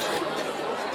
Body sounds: coughing mixed with background sound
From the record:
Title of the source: 55 gaggy wet cough

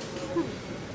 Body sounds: coughing mixed with background sound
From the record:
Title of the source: 61 morning phlegmy cough...again

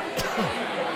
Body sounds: coughing mixed with background sound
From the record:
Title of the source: Coughing 51

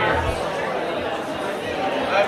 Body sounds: background sound without coughing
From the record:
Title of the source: CITY SOUNDS Busy Bar in the Evening Night - 2 HOURS of Ambiance for Relaxation

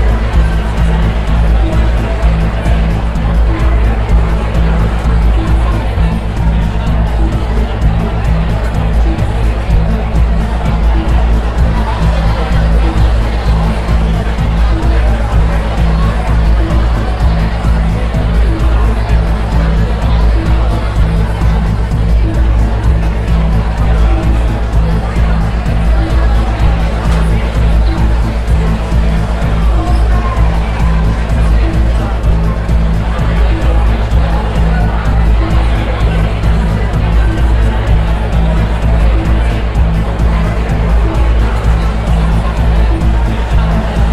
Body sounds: background sound without coughing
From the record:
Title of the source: Party Noise 1 Hour Party Ambience

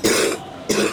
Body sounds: coughing mixed with background sound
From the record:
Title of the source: 60 coughing still (deep and wet cough)

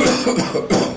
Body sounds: coughing mixed with background sound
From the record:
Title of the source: Spring Cold Coughing 3

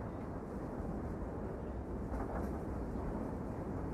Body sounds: background sound without coughing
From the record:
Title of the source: Train Ride Ambience ambient white noise for sleeping, focus, studying, reading

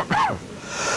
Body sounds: coughing mixed with background sound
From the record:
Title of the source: Heavy cold and sore throat coughing.

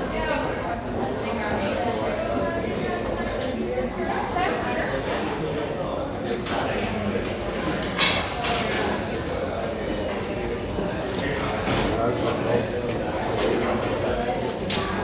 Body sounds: background sound without coughing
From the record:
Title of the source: 40 min - Ambience sounds UNIVERSITY lunchroom chatting

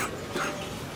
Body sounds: coughing mixed with background sound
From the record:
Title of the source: 64 coughing, allergies, singing lungs

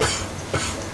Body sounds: coughing mixed with background sound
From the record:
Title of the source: Dry Coughing Fit in the Afternoon.

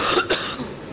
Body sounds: coughing mixed with background sound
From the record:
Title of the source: November cold (wet coughing)

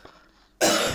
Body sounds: coughing mixed with background sound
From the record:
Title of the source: Cough Around the Clock!

